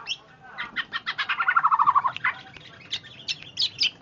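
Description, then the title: Black-naped oriole song: a quick series of notes with a descending chattered trill midway, then scattered high sharp notes. Female; chatter described as exceptional and effective as a lure ('panci') for other birds. "ocehan kepodang BETINA ISTIMEWA, AMPUH untuk panci"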